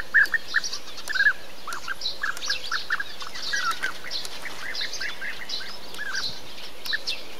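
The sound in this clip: Bee-eater calls, soft rolling trills repeated in loose clusters, a couple of louder notes early on, over a steady low background hum.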